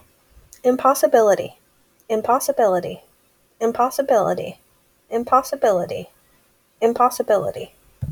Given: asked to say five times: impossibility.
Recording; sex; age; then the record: repeated word; female; 20 to 29 years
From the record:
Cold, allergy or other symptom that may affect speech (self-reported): no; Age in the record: 29 years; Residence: Oregon, United States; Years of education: 16